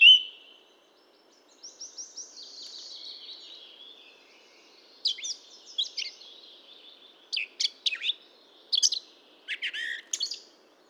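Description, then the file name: Eurasian blackcap song: a short note, then a thin trill, then several quick scratchy, chattering phrases of high notes, with faint background noise. "Sylvia atricapilla"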